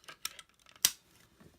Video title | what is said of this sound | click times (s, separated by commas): Mushinin Seminin's Cup Ramen Tower Review | you just take one of your disks you load it into here you hear it click | 0.8 s